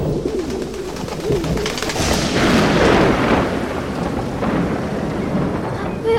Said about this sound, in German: Und es hat ein Gewitter gegeben.